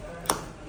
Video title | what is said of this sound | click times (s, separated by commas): REZŪM /Rezum operation theatre Tour - Step-by-Step Equipment Setup for Prostate Water Vapor Therapy🩺 | This click sounds signifies that this is okay. | 0.3 s